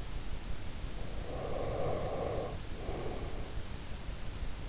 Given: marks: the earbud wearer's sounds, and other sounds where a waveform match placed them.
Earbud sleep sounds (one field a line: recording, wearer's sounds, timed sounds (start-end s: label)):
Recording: sounds in sleep by an in-ear microphone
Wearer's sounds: breath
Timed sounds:
1.16-3.62 s: breath